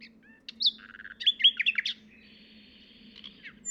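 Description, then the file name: Common nightingale phrase of varied squeaky and slurred notes, followed by a long, thin, level whistle over a soft low hum. "Luscinia megarhynchos"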